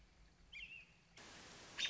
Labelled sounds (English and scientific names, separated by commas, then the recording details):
American Robin (Turdus migratorius)
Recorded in Sonoma County, California